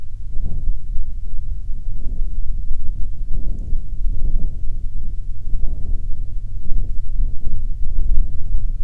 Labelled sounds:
wind
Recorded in the Prudhoe Bay oil fields, Alaska, on 27 June 2019 at 00:09
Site 22

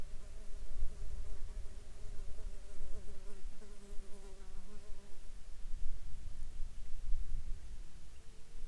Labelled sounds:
water
insects
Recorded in Ivvavik National Park, Yukon, on 20 June 2019 at 12:31
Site SINP06

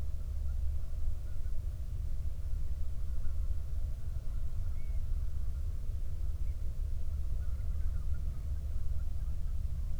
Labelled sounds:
waterfowl
wind
man-made sound
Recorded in the Prudhoe Bay oil fields, Alaska, on 31 July 2019 at 08:39
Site 24

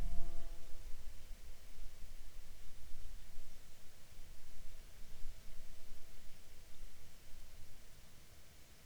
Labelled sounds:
bird
insects
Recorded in Ivvavik National Park, Yukon, on 4 July 2019 at 21:34
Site SINP05

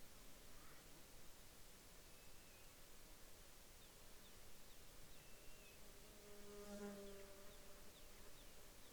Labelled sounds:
bird
insects
man-made sound
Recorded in the Arctic National Wildlife Refuge, Alaska, on 21 July 2021 at 05:58
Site 33

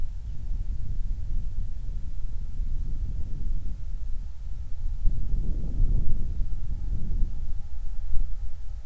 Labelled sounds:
songbird
wind
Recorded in the Prudhoe Bay oil fields, Alaska, on 29 July 2019
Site 29

